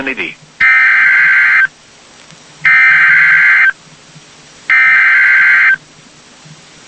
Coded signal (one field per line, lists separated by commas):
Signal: Emergency Alert System (SAME) tones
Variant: header bursts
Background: speech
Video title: BACK INTO THE ACTION. (pause...) | EAS Alerts from July 10, 2020 (EAS #548-579)